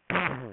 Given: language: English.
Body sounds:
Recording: throat vibration sensor signal played as sound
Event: throat clearing

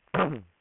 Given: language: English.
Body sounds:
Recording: throat vibration sensor signal played as sound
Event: throat clearing

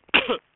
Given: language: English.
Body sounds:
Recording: throat vibration sensor signal played as sound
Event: cough

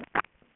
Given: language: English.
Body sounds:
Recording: throat vibration sensor signal played as sound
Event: swallow

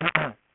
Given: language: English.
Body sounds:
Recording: throat vibration sensor signal played as sound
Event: throat clearing

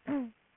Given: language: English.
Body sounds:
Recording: throat vibration sensor signal played as sound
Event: throat clearing

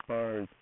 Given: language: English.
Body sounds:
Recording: throat vibration sensor signal played as sound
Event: speech

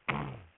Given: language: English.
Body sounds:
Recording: throat vibration sensor signal played as sound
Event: throat clearing

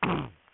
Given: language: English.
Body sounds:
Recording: throat vibration sensor signal played as sound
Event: throat clearing

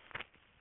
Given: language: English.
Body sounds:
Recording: throat vibration sensor signal played as sound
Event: swallow

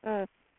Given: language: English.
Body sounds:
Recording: throat vibration sensor signal played as sound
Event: speech

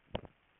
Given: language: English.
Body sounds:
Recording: throat vibration sensor signal played as sound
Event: swallow

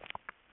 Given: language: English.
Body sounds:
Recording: throat vibration sensor signal played as sound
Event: swallow

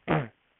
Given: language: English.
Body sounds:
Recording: throat vibration sensor signal played as sound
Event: throat clearing

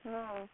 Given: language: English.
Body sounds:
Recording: throat vibration sensor signal played as sound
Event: speech

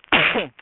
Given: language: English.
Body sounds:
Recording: throat vibration sensor signal played as sound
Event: cough

